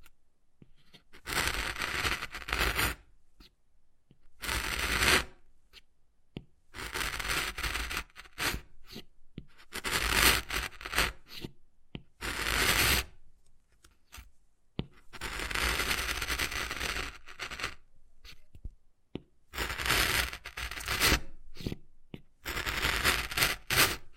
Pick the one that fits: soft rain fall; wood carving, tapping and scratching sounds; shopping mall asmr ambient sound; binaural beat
wood carving, tapping and scratching sounds